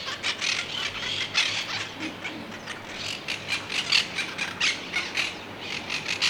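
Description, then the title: Monk parakeet calls: harsh, raspy squawks in quick irregular bursts, several birds chattering loudly together. Heard from a balcony; the birds were seen playing, eating and working, and they scream loudly. "Cotorra De Pit Gris"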